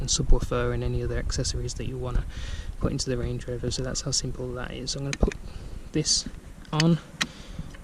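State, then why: Not seated. A plastic cover on a secondary battery kit in an L322 Range Rover is handled while someone talks. There is a brief sharp sound near 7.2 s, but the cover has not snapped into place; nothing has seated or clicked yet.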